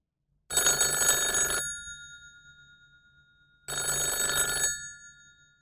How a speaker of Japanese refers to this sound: でも、夜8時ごろに電話がありました。